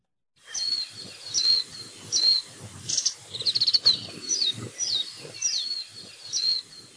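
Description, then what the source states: Warbling white-eye giving sharp, high chirps about once a second, with a brief rapid twittering burst in the middle, over faint background noise. Non-native bird in Hawaii, introduced from Japan in 1929; now the most common bird across Hawaii, occurring almost everywhere; small and more often heard than seen.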